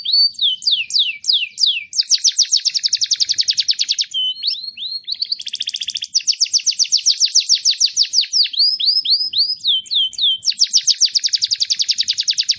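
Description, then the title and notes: Songbird song mixing slurred whistles with long dense buzzy trills, switching between trills and swept notes several times. Complete masteran songbird song compilation intended for training songbirds. "Master Burung Kicau. Masteran Burung Kicau Lengkap"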